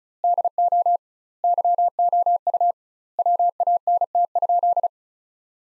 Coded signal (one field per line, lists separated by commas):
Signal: Morse code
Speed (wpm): 36 wpm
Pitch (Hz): 700 Hz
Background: none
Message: DO YOU WANT?